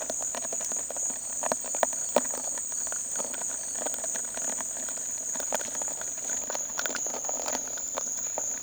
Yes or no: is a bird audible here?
no